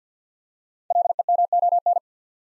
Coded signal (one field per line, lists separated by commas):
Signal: Morse code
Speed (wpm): 48 wpm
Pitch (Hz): 700 Hz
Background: none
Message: LEMON